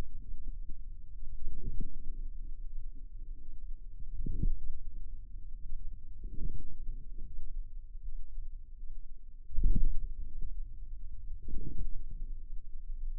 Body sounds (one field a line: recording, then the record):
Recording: forearm muscle sounds (acoustic myography)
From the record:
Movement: wrist flexion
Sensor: system 2, bracelet of six BSWA MPA416 microphones around the upper forearm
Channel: 4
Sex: female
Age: 23 years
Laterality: right